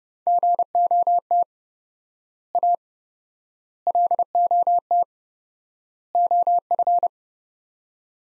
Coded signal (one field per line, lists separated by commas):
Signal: Morse code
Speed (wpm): 30 wpm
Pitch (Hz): 700 Hz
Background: none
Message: GOT A LOT OF